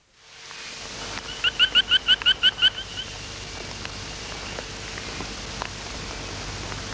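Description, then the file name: Fry's frog calling: a quick series of about nine short, upslurred chirping notes, evenly paced at several per second, then stopping; steady background hiss throughout. "Austrochaperina fryi"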